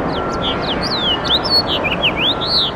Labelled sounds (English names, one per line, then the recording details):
House Finch song
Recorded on Long Island, New York, on 7 June 2012
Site SU
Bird B